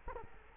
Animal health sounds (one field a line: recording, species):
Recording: mosquito wingbeat signal from an infrared sensor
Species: Culex quinquefasciatus